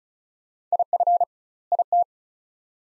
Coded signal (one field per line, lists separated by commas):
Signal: Morse code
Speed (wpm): 34 wpm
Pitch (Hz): 700 Hz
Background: none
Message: IF IT